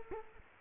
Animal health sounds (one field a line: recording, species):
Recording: mosquito wingbeat signal from an infrared sensor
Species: Culex quinquefasciatus